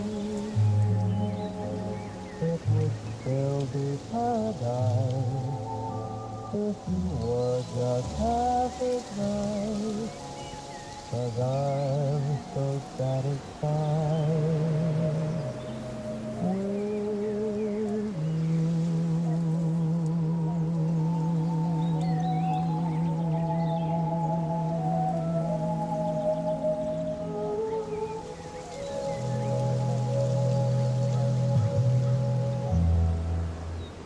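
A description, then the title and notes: Music plays steadily from a cabin, with shifting held notes and deeper sustained tones, while faint birds chirp sporadically in the background. An open cabin door plays music from inside, some background birds.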